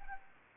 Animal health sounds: mosquito wingbeat signal from an infrared sensor; Anopheles gambiae

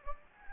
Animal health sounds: mosquito wingbeat signal from an infrared sensor; Anopheles gambiae

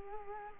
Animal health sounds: mosquito wingbeat signal from an infrared sensor; Culex quinquefasciatus

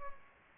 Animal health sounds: mosquito wingbeat signal from an infrared sensor; Culex pipiens

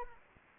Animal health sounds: mosquito wingbeat signal from an infrared sensor; Anopheles arabiensis

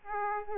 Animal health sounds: mosquito wingbeat signal from an infrared sensor; Aedes aegypti

